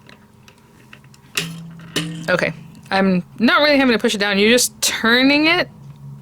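Someone turns the blade extension knob (knob C) on the arm of a Diamond Press magnetic circle cutter to extend the blade, turning it without pushing down, while they talk. Faint handling ticks come through under the voice. Nothing has clicked or seated yet.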